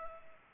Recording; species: mosquito wingbeat signal from an infrared sensor; Culex pipiens